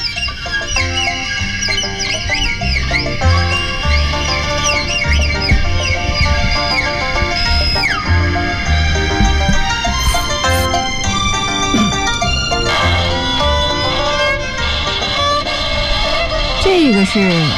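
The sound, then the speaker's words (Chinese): A bowed leiqin fiddle imitates a hen about to lay an egg, with quick, repeated squawking slides and a rising, insistent cackle, played over a steady accompaniment of plucked and percussive backing. “这个是 母鸡要下蛋的，是吗？”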